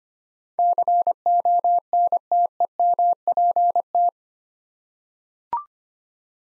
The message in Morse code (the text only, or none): CONTEMPT